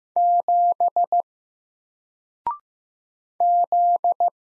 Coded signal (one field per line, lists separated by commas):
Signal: Morse code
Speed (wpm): 15 wpm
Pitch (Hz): 700 Hz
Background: none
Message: 7 Z